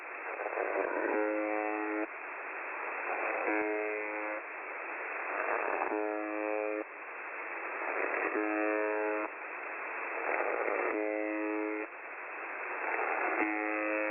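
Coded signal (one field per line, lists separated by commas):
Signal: channel marker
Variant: UVB-76 (The Buzzer)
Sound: short harsh buzzes about once every two seconds, six in the clip, between hiss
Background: radio static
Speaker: the buzzing then resumed with a mident shortly after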